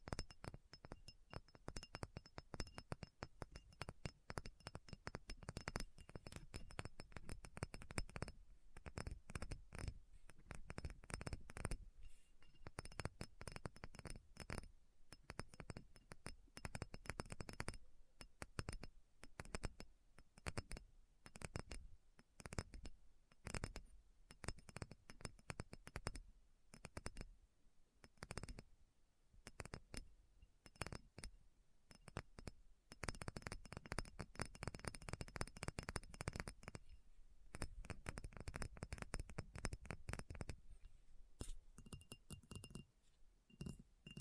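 Fast, dense tapping runs through the whole clip, sharp clicks and knocks crowding together with few pauses. Some taps have a glassy, clinking edge and others a dull thud. A faint steady tone hums underneath, rising slightly near the end.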